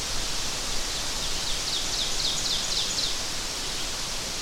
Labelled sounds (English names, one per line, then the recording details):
Ovenbird song
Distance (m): 35 m
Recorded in boreal forest in Alberta, Canada, on 12 June 2016 at 06:03
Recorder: SongMeter 3, array SBT-3-18
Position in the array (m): 230 m, 88 m
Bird 31